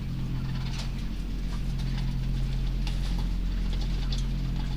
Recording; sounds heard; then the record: poultry house recording; sick chickens (respiratory disease)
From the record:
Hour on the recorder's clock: 20